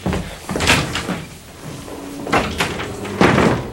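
A dressing room door swings shut with a couple of solid knocks and a rattling latch, followed by a second firm thud, all fairly loud with no voices.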